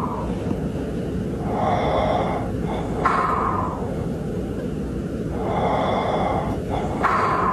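Two slow breath cycles, roughly 15 a minute: each long inward breath carries a buzzing, tonal rattle that fades, followed by a short puffing exhale. Steady hissing background throughout. Ordinary snoring in a household, with a hollow, mechanical quality like an astronaut in space or Darth Vader breathing.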